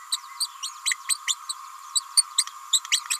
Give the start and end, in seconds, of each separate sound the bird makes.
0.11-0.17, 0.40-0.47, 0.62-0.70, 0.85-0.95, 1.08-1.17, 1.27-1.35, 1.49-1.54, 1.95-2.01, 2.16-2.24, 2.38-2.44, 2.73-2.81, 2.91-3.01, 3.10-3.18